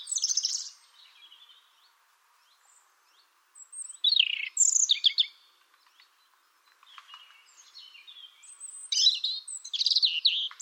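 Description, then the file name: European robin song: several high warbling phrases with sharp descending whistles, separated by quieter stretches. "Erithacus rubecula"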